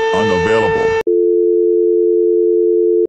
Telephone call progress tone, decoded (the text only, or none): dial tone